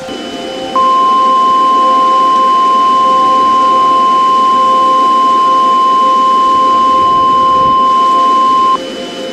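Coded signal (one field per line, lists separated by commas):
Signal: Emergency Alert System (SAME) tones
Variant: 1050 Hz attention tone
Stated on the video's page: Mock emergency alert, not a real broadcast.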